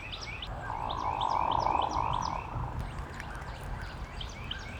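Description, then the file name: Hooded Merganser uttering a drawn-out, frog-like rolling croak over a steady series of quick, repeated high chirps. "Hooded Merganser - Lophodytes cucullatus"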